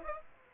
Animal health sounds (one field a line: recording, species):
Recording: mosquito wingbeat signal from an infrared sensor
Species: Aedes aegypti